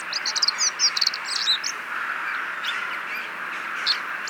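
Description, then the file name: Common blackbird calling with a quick burst of thin, high twittering notes early on, then scattered single notes over a steady rushing background hiss. "Turdus merula"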